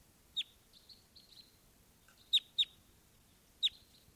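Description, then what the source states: Red crossbill giving sharp, clipped kip notes, singly and in quick pairs, scattered irregularly over a few seconds in quiet surroundings. Type 2 crossbill, bird 725, calling from a ponderosa pine just off camp, looking down.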